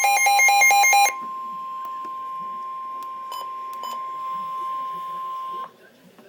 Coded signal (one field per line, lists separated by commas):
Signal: Emergency Alert System (SAME) tones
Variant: 1050 Hz attention tone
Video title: Flood Warning Update - EAS #261